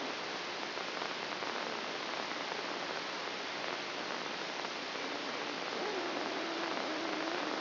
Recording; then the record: brain microelectrode recording played as sound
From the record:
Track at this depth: inside the subthalamic nucleus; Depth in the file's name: 5.307 mm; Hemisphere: left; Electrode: 2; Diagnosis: Parkinson's disease